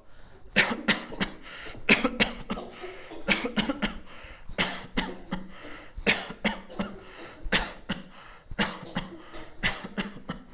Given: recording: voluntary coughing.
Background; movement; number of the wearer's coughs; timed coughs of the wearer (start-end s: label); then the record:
a bystander coughing; walking; 22
0.53-0.78 s: cough
0.85-1.11 s: cough
1.18-1.31 s: cough
1.86-2.14 s: cough
2.17-2.45 s: cough
2.48-2.64 s: cough
3.26-3.51 s: cough
3.55-3.80 s: cough
3.80-4.01 s: cough
4.56-4.85 s: cough
4.95-5.20 s: cough
5.30-5.51 s: cough
6.04-6.32 s: cough
6.42-6.65 s: cough
6.77-7.06 s: cough
7.50-7.76 s: cough
7.87-8.13 s: cough
8.57-8.81 s: cough
8.94-9.18 s: cough
9.61-9.88 s: cough
9.97-10.16 s: cough
10.21-10.44 s: cough
From the record:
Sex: male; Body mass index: 22.0 kg/m2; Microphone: on the chest, facing outward